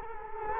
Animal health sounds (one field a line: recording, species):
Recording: mosquito wingbeat signal from an infrared sensor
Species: Culex quinquefasciatus